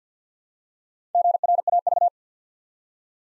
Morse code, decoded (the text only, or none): GRAV